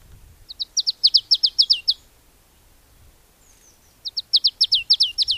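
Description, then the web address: Marsh tit call: two bursts of about ten quick, sharp, downslurred notes in rapid even series, separated by a pause of about two seconds; faint low rumble beneath. "agykontroll Madardalok Cd 1. Barátcinege"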